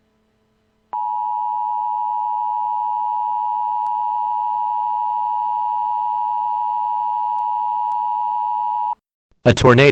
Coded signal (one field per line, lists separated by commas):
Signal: Emergency Alert System (SAME) tones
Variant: 853 and 960 Hz attention tone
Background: speech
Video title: Tornado Emergency EAS Alert Remake | Pasadena, TX Tornado |